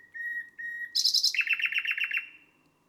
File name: Un rossignol enregistre une nuit de mai